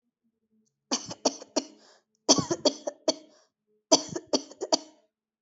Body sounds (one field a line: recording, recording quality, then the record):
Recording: shallow voluntary cough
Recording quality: excellent, no background noise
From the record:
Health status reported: healthy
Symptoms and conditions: none ticked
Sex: female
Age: 19 years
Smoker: not ticked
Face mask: not worn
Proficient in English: yes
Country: India